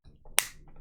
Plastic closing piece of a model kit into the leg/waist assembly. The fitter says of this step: there we go oh that was a nice satisfying click there